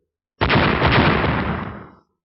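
A rocky mountain blows apart in a sudden loud explosive blast, a broad roaring rumble that starts abruptly and slowly fades over about a second and a half, with no voices.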